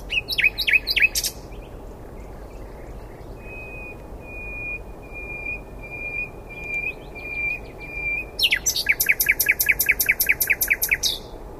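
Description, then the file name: Common nightingale song: a burst of rattling notes, then a row of soft pure whistled notes on one pitch, followed by a long, fast, loud rattling series. "Luscinia megarhynchos"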